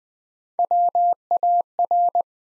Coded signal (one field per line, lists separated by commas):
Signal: Morse code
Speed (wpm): 21 wpm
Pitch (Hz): 700 Hz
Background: none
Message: WAR